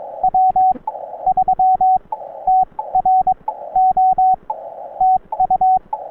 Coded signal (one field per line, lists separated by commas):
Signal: Morse code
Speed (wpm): 22 wpm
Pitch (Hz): 750 Hz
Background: radio noise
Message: W3TRO TU